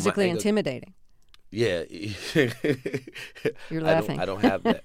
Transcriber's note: laughter; laughter